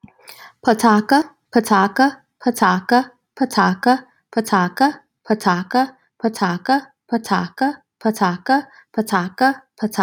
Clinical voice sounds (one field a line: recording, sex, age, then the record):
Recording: repeated syllables /pa ta ka/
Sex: female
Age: 30 to 39 years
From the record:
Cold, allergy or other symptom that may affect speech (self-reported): no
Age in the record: 31 years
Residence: New York, United States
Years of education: 18